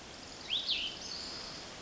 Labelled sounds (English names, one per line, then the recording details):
Cassin's Vireo
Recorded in Sonoma County, California